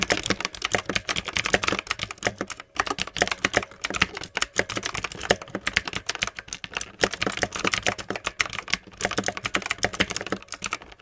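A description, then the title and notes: Fast, continuous typing on a keyboard, a dense run of sharp, bright key clicks. The rhythm stays busy throughout, broken only by brief pauses near 2.7 and 4.5 seconds, with a faint low hum underneath. Keyboard Typing.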